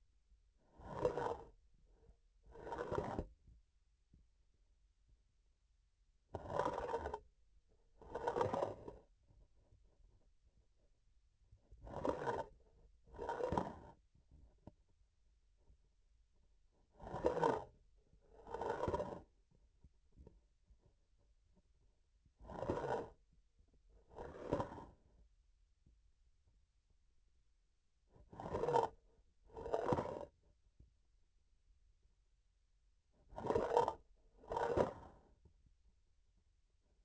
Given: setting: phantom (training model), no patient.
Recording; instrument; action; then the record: laparoscopic instrument, vibration sensor on the handle end; grasping forceps; approaching and retracting movements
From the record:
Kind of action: spatial motion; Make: other than Olympus